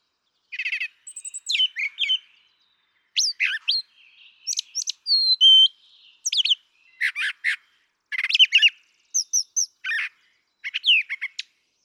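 Brown Thrasher delivering crisp, high, varied song phrases in short bursts, separated by clear pauses.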